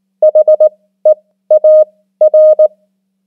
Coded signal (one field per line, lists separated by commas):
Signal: Morse code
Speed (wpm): 19 wpm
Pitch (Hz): 620 Hz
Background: none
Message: HEAR